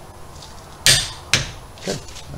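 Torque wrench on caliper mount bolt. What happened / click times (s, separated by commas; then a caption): Torque wrench clicked at set torque / 1.3 s. A click-type torque wrench set to 76 foot-pounds tightens a brake caliper mount bolt and is pulled until it clicks, then stopped. A loud, broadband knock at about 0.9 s is followed by the wrench's short, sharp click at 1.3 s and a softer, duller sound near 1.9 s over low background noise. The bolt is confirmed done at its set torque.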